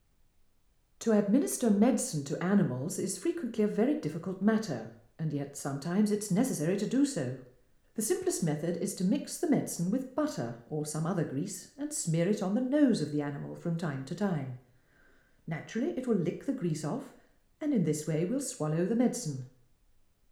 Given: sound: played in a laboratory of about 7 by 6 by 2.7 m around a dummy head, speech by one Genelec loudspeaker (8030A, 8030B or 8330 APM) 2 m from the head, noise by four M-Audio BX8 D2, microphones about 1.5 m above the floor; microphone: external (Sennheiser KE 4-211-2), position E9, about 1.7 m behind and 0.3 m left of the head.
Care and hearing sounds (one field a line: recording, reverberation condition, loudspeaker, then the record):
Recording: female speech in English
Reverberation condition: medium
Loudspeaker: 150 degrees to the left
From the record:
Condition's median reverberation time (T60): about 510 ms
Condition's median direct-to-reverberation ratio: about -0.5 dB